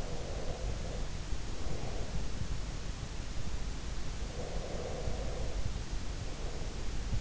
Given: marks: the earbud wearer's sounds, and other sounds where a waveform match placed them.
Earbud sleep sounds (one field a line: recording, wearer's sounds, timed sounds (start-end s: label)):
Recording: sounds in sleep by an in-ear microphone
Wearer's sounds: breath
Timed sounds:
0.00-2.40 s: breath
4.35-7.21 s: breath